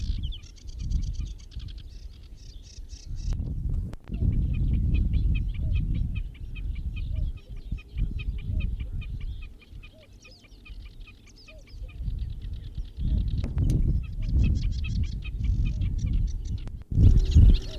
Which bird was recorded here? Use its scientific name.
Gallinago gallinago